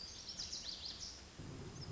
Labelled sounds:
Lazuli Bunting
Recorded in Sonoma County, California

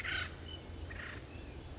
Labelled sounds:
Acorn Woodpecker
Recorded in Sonoma County, California

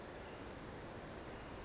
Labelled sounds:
California Towhee
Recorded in Sonoma County, California

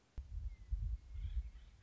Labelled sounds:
Western Meadowlark
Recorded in Sonoma County, California

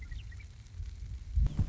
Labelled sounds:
Western Meadowlark
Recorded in Sonoma County, California

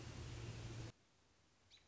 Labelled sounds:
American Robin
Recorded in Sonoma County, California

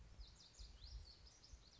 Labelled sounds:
Lazuli Bunting
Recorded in Sonoma County, California

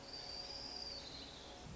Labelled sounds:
Orange-crowned Warbler
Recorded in Sonoma County, California

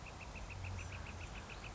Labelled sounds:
Northern Flicker
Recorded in Sonoma County, California

